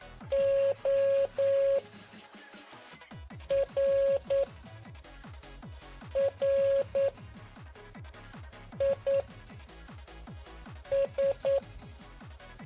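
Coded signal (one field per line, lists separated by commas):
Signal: Morse code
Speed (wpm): 9 wpm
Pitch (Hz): 550 Hz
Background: music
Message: ORRIS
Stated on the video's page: Morse from a puzzle board game played live.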